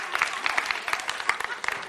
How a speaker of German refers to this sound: Halleluja, geben wir mal kräftigen Applaus.